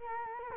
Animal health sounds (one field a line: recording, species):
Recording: mosquito wingbeat signal from an infrared sensor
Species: Culex quinquefasciatus